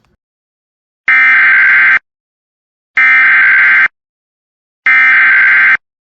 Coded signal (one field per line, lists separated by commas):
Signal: Emergency Alert System (SAME) tones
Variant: header bursts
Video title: Giving My WR300 a Peanut Butter and Jelly Sandwich! EAS Alerts from 6/14/2026 (EAS 302-328)